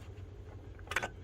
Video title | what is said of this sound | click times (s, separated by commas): TNA CE Power Filter Board and Coin Door Lights | every one of them is pretty much stripped out it won't grab anything um | 0.9 s, 1.0 s